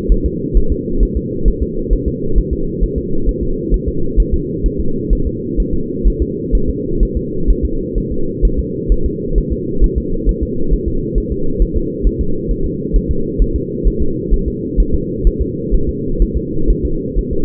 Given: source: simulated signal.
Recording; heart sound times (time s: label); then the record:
fetal heart sounds
0.12 s: S1
0.26 s: S2
0.57 s: S1
0.72 s: S2
1.03 s: S1
1.17 s: S2
1.48 s: S1
1.62 s: S2
1.93 s: S1
2.08 s: S2
2.38 s: S1
2.53 s: S2
2.83 s: S1
2.98 s: S2
3.29 s: S1
3.43 s: S2
3.74 s: S1
3.88 s: S2
4.20 s: S1
4.34 s: S2
4.66 s: S1
4.80 s: S2
5.13 s: S1
5.27 s: S2
5.60 s: S1
5.74 s: S2
6.07 s: S1
6.22 s: S2
6.55 s: S1
6.69 s: S2
7.03 s: S1
7.17 s: S2
7.50 s: S1
7.65 s: S2
7.98 s: S1
8.12 s: S2
8.45 s: S1
8.59 s: S2
8.92 s: S1
9.06 s: S2
9.38 s: S1
9.52 s: S2
9.84 s: S1
9.98 s: S2
10.29 s: S1
10.43 s: S2
10.73 s: S1
10.88 s: S2
11.18 s: S1
11.32 s: S2
11.62 s: S1
11.77 s: S2
12.07 s: S1
12.21 s: S2
12.51 s: S1
12.66 s: S2
12.96 s: S1
13.11 s: S2
13.42 s: S1
13.56 s: S2
13.87 s: S1
14.02 s: S2
14.34 s: S1
14.48 s: S2
14.80 s: S1
14.94 s: S2
15.27 s: S1
15.41 s: S2
15.74 s: S1
15.89 s: S2
16.22 s: S1
16.37 s: S2
16.70 s: S1
16.85 s: S2
17.19 s: S1
17.33 s: S2
From the record:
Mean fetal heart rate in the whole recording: 130 bpm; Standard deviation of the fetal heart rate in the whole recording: 2 bpm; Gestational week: 36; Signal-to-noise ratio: -8.1 dB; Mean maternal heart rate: 72 bpm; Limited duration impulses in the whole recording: absent